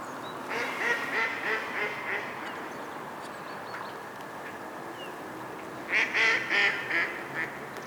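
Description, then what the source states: Mallard quacks in two bursts: a softer series of rhythmic quacks early on, a quiet gap, then a louder run of quacks near the end. Mallards, more than one, recorded at a bay.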